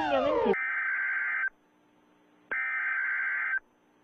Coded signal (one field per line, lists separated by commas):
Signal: Emergency Alert System (SAME) tones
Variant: header bursts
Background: speech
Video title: Rating EAS Alarms Part 29: Finale Of Season 1